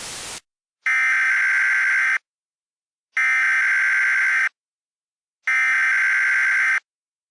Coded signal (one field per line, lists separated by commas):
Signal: Emergency Alert System (SAME) tones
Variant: header bursts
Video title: EAS Mock 12: Inversion